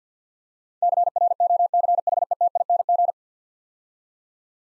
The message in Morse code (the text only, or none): CROCHETING